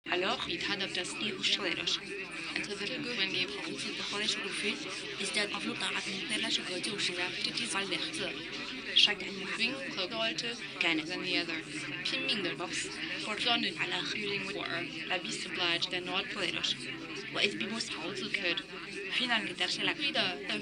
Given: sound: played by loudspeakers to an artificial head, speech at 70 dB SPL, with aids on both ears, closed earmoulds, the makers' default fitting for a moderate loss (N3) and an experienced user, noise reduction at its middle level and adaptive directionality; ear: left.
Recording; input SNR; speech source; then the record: speech test signal (ISTS) in cocktail-party noise; 0 dB; in front (0 degrees)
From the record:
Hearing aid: class 2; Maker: D